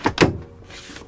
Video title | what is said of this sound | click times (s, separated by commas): 2022 Winnebago Revel | insert it into the holes and then there's a little click here it's gonna actually lock into place | 0.1 s, 0.2 s